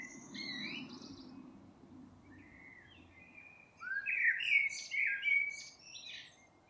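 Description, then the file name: Common blackbird song: soft twittery notes and a faint low rumble, then a loud mellow fluted phrase with high squeaky flourishes. "Turdus merula"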